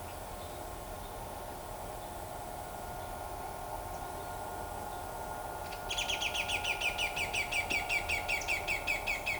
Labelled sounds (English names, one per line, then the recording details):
Pale-legged Hornero
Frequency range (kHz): Pale-legged Hornero 1.5-10.8 kHz
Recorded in shrubland near Pivijay, Magdalena, Colombia, on 18 April 2023 at 17:00
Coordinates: 10.453, -74.365
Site P5-G022